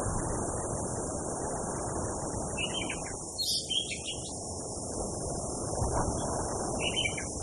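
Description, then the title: Orange-headed thrush giving brief, high, slurred twittering phrases, one longer burst and a short later fragment, partly masked by strong rushing wind and a constant high hiss. Song mixed with blowing wind sound, made as a therapy and tutor track. "Anis Kembang. Suara Burung Anis Merah + Hembusan Angin Untuk Terapi"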